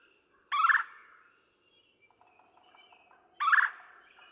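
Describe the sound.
Red-bellied woodpecker giving loud rolling churr calls, two harsh trilled notes about three seconds apart, with soft background notes between them.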